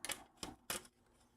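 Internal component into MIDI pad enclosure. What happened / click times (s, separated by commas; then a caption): The plastic part clicked into its housing / 0.7 s. An internal component is pushed into a MIDI pad enclosure after the part that was in the way has been taken out. A series of small plastic clicks is heard, and the component seats perfectly with the last click at 0.7 s.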